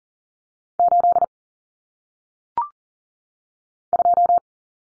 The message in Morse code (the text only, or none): 8 2